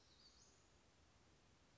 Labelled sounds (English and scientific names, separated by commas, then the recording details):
Western Flycatcher (Empidonax difficilis)
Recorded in Sonoma County, California